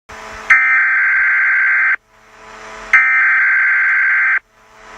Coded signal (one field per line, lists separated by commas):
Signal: Emergency Alert System (SAME) tones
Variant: header bursts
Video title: EAS #1 killer whales